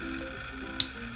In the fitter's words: achtet darauf dass sie das gerade drauf steckt wenn es klickt ist es eingerastet